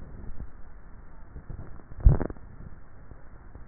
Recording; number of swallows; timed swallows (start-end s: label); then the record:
swallowing sounds by neck microphone; 1
0.26-2.06 s: swallow
From the record:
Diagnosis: dysphagia